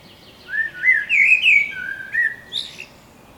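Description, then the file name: Eurasian blackbird delivering a flowing, fluty whistled phrase that rises and falls, then closes with a thin high squeaky twitter. "Turdus merula"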